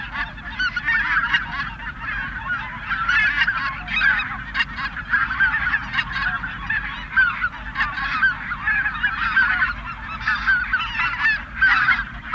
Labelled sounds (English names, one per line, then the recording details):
Greater White-fronted Goose call
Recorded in the wild
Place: Zingst, Insel Kirr, Mecklenburg-Vorpommern, DE
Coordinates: 54.421, 12.709
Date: 1978-10-18 05:35
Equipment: Nagra III BH, Sennheiser MD 21, parabola
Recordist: Schubert, Michael
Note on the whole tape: Reges Rufen, das später zeitweilig fast zum Summen wird